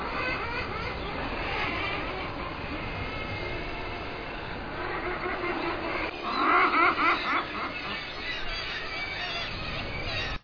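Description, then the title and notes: Common murres calling in a dense, continuous chorus of harsh, overlapping growls and cackles, with a louder burst of harmonic calls later on. "Lomvi by forskningno"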